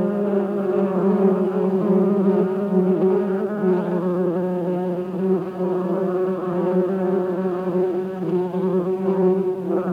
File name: Bienen summen